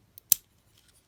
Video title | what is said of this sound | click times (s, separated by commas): Star Wars Micro Galaxy Squadron Luke Skywalker’s X-Wing Review | It goes and just pushes back in. You can hear it kind of snaps back in, | 0.3 s